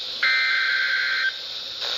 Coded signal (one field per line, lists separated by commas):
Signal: Emergency Alert System (SAME) tones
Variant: header bursts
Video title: {RARE} EAS #622 - TORNADO WARNING Angle 2 7-8-2014